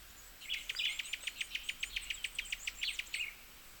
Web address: Cuban tody. صدای-پرنده-تودی-کوبایی